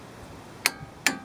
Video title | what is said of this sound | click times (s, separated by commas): How to Change a Wheel Bearing (short and fast version) | When it clicks once, you do it again. | 0.7 s, 1.1 s